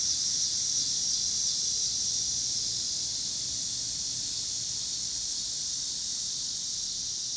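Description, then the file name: Cicadas in chorus: a steady, dense, high-pitched buzzing drone that holds unbroken throughout. Cicadas recorded with car noise in Pittsburgh, Pennsylvania, on 26 August 2023. "2023-08-26 cicadas and cars Pittsburgh PA"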